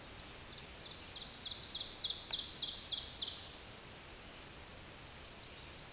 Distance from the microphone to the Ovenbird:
about 50 m